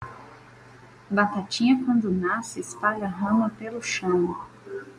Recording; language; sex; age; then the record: short text; Brazilian Portuguese; female; 30 to 39 years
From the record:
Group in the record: control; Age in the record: 38 years